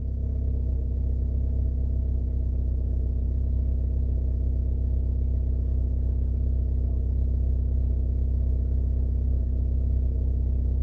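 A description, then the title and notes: A car engine idles with a deep, steady rumble that holds at an even level for the whole stretch. The low throb is dense and unchanging, with a faint thin hiss above it and only a tiny flicker near the eight-second mark. Car Idle.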